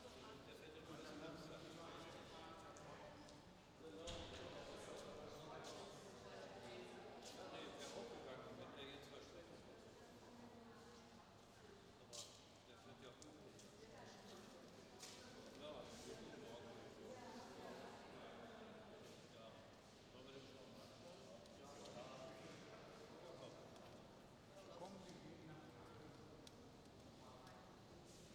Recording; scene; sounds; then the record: everyday scene through a hearing-aid microphone; reverberant space; background noise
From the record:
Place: railway station hall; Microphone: in the ear canal, left